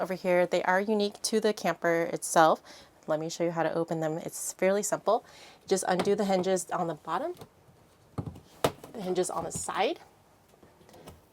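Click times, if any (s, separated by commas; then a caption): 8.2 s, 8.7 s. Someone talks while undoing the latches along the bottom of an opening window on a nuCamp 360 camper trailer window frame. Two sharp thunks are heard at 8.2 s and 8.7 s as the latches release. Talk continues afterward.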